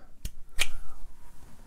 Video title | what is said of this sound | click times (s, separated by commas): Black Bear Custom Kydex: Knife Sheaths, Systems - Mora, TOPS, ESEE, and More | listen here nice click for that one | 0.6 s